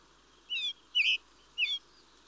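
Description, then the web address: Mistle thrush uttering three harsh, rasping notes about half a second apart over a low steady hiss. "BBC Sound Effects Library. Mistle Thrush (Turdus Viscivorus)"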